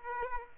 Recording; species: mosquito wingbeat signal from an infrared sensor; Aedes aegypti